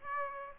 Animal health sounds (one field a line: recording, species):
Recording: mosquito wingbeat signal from an infrared sensor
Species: Aedes aegypti